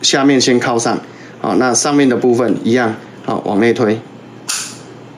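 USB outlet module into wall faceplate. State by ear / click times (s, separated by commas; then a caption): seated / 4.5 s. A USB outlet module is hooked into a plastic wall faceplate bottom first, the same way as the network module, then pushed inward at the top while someone talks. It snaps into place with a sharp click at 4.5 s, and the module is seated and connected.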